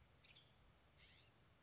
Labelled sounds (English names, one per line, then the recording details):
Western Tanager
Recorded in Sonoma County, California